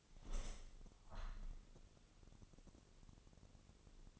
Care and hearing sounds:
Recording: daily activity, microphone in the room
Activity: open window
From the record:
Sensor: 4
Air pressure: 1001.2 hPa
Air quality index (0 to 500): 173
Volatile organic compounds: 2 ppm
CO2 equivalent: 1240 ppm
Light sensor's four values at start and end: 12/28/11/12 and 12/28/11/12

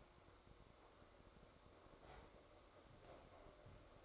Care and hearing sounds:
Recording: daily activity, microphone in the room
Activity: make coffee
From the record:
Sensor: 3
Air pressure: 1004.3 hPa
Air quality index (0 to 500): 198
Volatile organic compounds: 15 ppm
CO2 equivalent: 2485 ppm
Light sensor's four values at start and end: 5/13/5/5 and 5/13/5/5

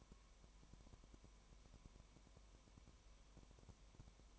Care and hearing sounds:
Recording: daily activity, microphone in the room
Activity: no activity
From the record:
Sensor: 1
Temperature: 19.1 degrees Celsius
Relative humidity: 34.1%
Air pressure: 1001.3 hPa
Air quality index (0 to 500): 82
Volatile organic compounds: 1 ppm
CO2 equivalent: 821 ppm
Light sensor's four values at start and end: 1/2/1/1 and 1/2/1/1

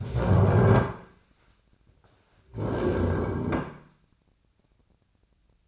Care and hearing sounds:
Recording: daily activity, microphone in the room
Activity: stand up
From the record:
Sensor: 2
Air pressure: 1009.1 hPa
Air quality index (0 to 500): 177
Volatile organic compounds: 2 ppm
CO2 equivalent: 1291 ppm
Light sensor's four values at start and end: 32/84/36/39 and 37/96/41/44

